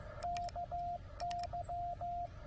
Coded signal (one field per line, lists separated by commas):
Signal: Morse code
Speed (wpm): 19 wpm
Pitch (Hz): 700 Hz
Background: radio noise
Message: KY